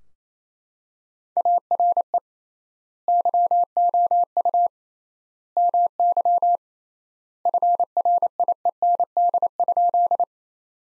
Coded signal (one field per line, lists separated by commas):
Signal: Morse code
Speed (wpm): 28 wpm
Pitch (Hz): 700 Hz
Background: none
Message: ARE YOU MY FRIEND?